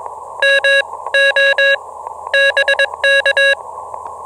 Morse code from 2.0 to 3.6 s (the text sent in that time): BK